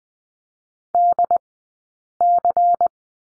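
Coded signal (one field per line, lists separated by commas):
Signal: Morse code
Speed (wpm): 20 wpm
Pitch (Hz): 700 Hz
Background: none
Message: DC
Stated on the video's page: Morse code course lesson drill on the letter C, sent at Farnsworth speed 20/10 wpm.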